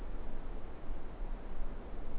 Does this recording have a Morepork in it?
no